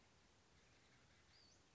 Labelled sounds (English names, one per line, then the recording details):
Western Flycatcher
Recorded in Sonoma County, California